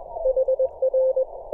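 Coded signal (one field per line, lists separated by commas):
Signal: Morse code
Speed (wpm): 21 wpm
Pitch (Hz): 520 Hz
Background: none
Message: HR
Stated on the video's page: 30m band operation on a home-built delta loop antenna with a 4:1 balun.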